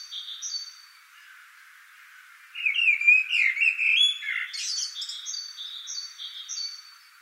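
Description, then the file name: Common blackbird song: a low fluty warbled phrase ending in squeaky twitters, with a higher thin whistled note repeated several times before and after by another bird. "Turdus merula"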